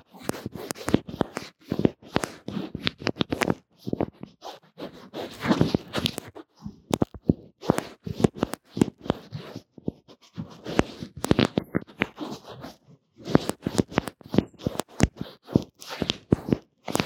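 Drawing and makeup sounds picked up on a lo-fi earphone mic: dense, gritty scratching and crunching strokes in rapid bursts, broken by brief pauses near 3, 7, 10 and 13 seconds. A few sharp clicks stand out along the way.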